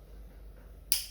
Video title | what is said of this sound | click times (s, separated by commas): Airflow Adroit Condensate Trap Assembly | and it clicks into place and once you've got it into place if you hold this carefully you could actually turn it | 0.9 s